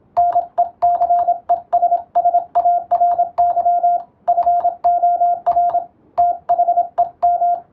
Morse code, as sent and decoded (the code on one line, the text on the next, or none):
-. . -.-. . ... ... .- .-. -.-- / ..-. --- .-. / - .... . --
NECESSARY FOR THEM